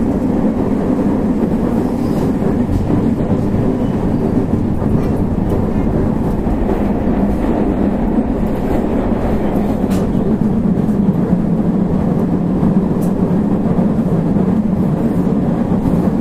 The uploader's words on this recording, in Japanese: JR221系 大和路快速 大阪から久宝寺まで。JR西日本221系電車の走行音です。大阪環状線から大和路線への直通列車、大和路快速で収録しました。